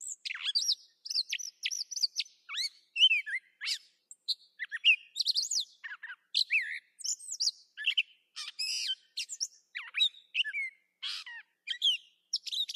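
Catbird singing a long, jumbled run of varied squeaky, whistled and scratchy notes, delivered rapidly with hardly a pause.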